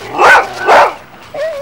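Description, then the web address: Dog barking: two loud, harsh barks about half a second apart, followed by a short whining tone. "ANIMAIS BARK"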